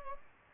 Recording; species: mosquito wingbeat signal from an infrared sensor; Aedes aegypti